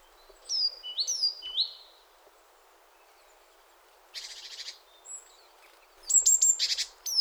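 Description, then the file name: Great tit calls: a few quick descending whistled notes, a pause, then rasping buzzy churrs mixed with sharp high chips. "Parus major"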